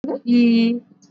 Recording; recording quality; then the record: sustained vowel as in beet; excellent, no background noise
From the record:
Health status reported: exposed to COVID-19, no respiratory illness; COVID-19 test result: not tested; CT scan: not taken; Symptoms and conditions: none ticked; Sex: female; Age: 32 years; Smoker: no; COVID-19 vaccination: both doses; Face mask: worn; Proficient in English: yes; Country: India